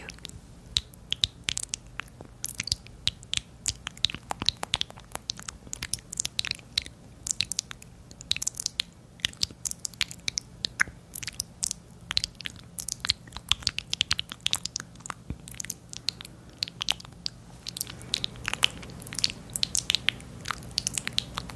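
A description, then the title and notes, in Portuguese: Wet mouth sounds with small clicks and smacks fill the whole stretch, coming in quick, irregular bursts several times a second. The clicks are sharp and bright, with a low steady hum underneath, and the activity thickens slightly near the end. Um ASMR focando em sons de boca molhados e estalinhos.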